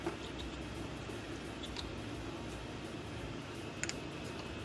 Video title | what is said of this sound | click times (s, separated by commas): Power Frunk Struts Installation | Make sure it clicks. | 3.8 s, 3.9 s